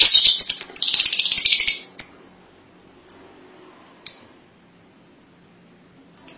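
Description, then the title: Lovebird calls: a dense burst of shrill, high chattering for nearly two seconds, then a few single sharp chirps. "BM Suara Burung Lovebird"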